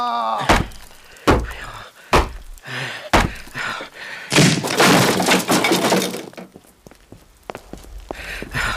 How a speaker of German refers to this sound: Sonst müssen wir die Tür mit Gewalt öffnen. Das ist Hyde. Los, Brühl. Nieder mit der Tür.